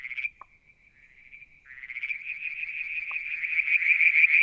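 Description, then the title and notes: Frogs: frog chorus: a steady high trilling note that swells into a fast, pulsing stream of rapid notes, growing louder toward the end. Striped marsh frog, Verreaux's tree frog and an unidentified frog calling one evening near a water tank at Mount Wilson, New South Wales, Australia, July 2022. "Frog song, Mount Wilson, New South Wales, Australia in July 2022 – by Alexander Moffatt. Limnodynastes Peronii, Litoria Verreauxii and a mystery frog one evening near the water tank"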